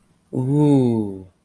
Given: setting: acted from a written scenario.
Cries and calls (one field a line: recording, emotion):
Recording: vocal sound without words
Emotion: awe